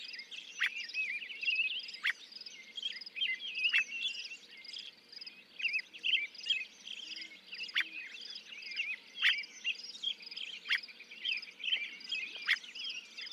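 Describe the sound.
Northern mockingbird song, a continuous, fairly soft jumble of varied chirps, trills and squeaky notes with occasional sharp clicks throughout.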